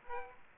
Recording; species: mosquito wingbeat signal from an infrared sensor; Aedes aegypti